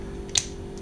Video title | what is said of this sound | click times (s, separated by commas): Transformers Prime RID Voyager Bulkhead | snaps right in | 0.4 s